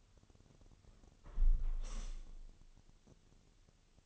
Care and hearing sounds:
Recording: daily activity, microphone in the room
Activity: close window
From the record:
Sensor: 4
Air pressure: 1001.2 hPa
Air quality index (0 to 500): 175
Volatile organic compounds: 2 ppm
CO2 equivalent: 1250 ppm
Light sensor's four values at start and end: 12/28/11/12 and 12/27/11/12

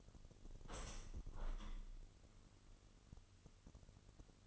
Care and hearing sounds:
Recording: daily activity, microphone in the room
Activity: open window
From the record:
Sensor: 4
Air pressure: 998.8 hPa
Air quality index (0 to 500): 114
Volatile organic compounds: 2 ppm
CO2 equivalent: 1118 ppm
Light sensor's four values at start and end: 10/24/9/10 and 10/24/9/10

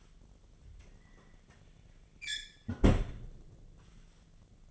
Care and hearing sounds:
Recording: daily activity, microphone in the room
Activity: close fridge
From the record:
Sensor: 4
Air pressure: 1010.5 hPa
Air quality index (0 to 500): 176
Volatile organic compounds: 5 ppm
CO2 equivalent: 1785 ppm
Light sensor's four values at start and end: 27/82/32/33 and 33/98/38/39

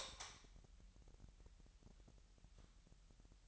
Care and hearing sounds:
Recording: daily activity, microphone in the room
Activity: light on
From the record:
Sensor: 3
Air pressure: 1001.9 hPa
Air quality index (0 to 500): 243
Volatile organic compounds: 46 ppm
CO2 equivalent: 3234 ppm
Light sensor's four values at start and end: 6/13/5/5 and 12/33/14/13

